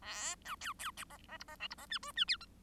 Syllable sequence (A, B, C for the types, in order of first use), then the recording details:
A B C C D D E D F E D G H G I J. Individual Bird1